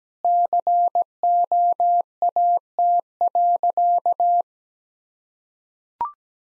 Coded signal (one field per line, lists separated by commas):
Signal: Morse code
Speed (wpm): 17 wpm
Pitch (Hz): 700 Hz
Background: none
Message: COAT.